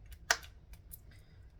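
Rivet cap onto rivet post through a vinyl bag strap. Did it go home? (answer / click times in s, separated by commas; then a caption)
yes / 0.3 s. A metal bag rivet cap is pressed onto its post through a vinyl strap, giving a sharp, bright click at 0.3 seconds amid a few faint taps and light handling noise. The cap seats onto the post with an audible click; sometimes these click and sometimes they are only felt.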